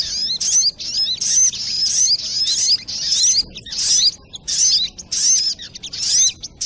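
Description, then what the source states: Little Spiderhunter pouring out fast, high-pitched twittered phrases in close succession, bursts of squeaky notes with only tiny gaps between them. Training recording (masteran).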